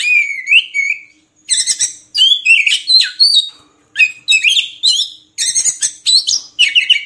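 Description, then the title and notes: Oriental magpie-robin song: short bursts of mixed whistles and harsh chattering notes, separated by brief silences. Long-duration song material (isian) for training captive birds to sing vigorously (gacor) day and night. "Kacer Jadi Gacor Siang Malam. Isian Kacer Durasi Panjang"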